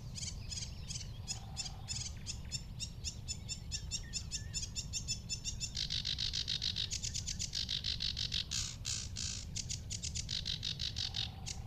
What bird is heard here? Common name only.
Sedge Warbler